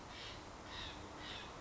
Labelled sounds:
Steller's Jay

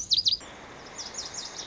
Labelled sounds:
Lazuli Bunting

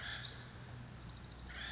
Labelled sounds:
Pacific Wren

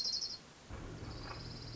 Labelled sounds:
Orange-crowned Warbler

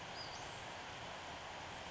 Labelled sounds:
Western Flycatcher

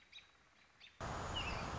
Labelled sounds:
American Robin

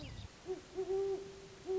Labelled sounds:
Great Horned Owl

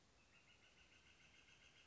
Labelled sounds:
Northern Flicker

